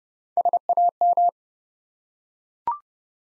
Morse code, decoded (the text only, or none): SAM